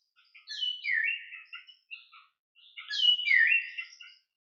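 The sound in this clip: Mayotte drongo calling in two harsh, descending slurred phrases with scratchy chatter, separated by a brief pause.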